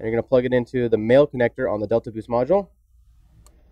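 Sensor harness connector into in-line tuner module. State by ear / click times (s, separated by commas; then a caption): seated / 3.5 s. Someone talks while the female plastic connector from the sensor harness on a 2010-18 3.5L Ford EcoBoost engine, whose sensor sits on the intake tube going into the throttle body, is plugged into the male connector on an in-line Delta Boost Performance Tuner module. After the talking stops, a small, sharp click sounds at 3.5 s as the connector snaps into place on the module.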